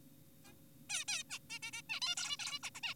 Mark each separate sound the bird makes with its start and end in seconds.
0.45-0.53, 0.90-1.04, 1.08-1.23, 1.30-1.39, 1.50-1.59, 1.63-1.71, 1.73-1.82, 1.90-2.00, 2.02-2.15, 2.17-2.37, 2.40-2.59, 2.63-2.70, 2.75-2.80, 2.83-2.94